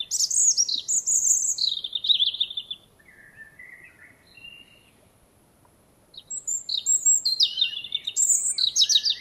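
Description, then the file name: European robin song, high warbling phrases of varied squeaky notes and short trills, a pause in the middle, then another bright burst. "Erithacus rubecula"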